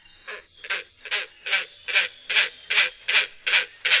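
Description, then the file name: Great crested grebe giving harsh, grating calls repeated about two and a half times per second, steady and growing slightly louder throughout. "perkozdwuczuby"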